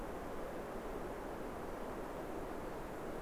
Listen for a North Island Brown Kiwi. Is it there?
no